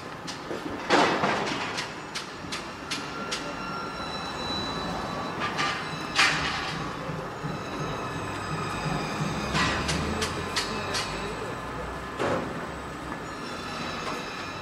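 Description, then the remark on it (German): A freight train carrying goods from Chongqing, China, a trip of about 14 days, rumbles steadily along the rails with a continuous low roar, rhythmic clatter and repeated bursts of high metallic squealing from the wheels, without any voices. “So, und dann ist die Ware, wenn das per Schiff transportiert wird, zwischen 35 und 40 Tagen unterwegs und wir können mittlerweile mit dem Zug von Chongqing, wenn es gut läuft, in 12, 13 Tagen, sagen wir mal im Schnitt 14 Tage fahren.”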